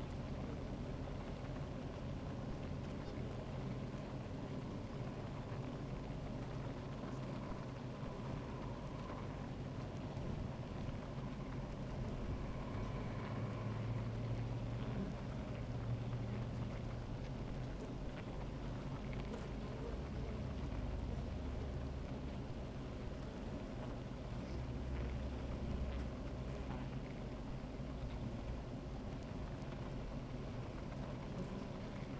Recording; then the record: honeybee colony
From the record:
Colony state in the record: active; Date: 28 July 2017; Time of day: 13:15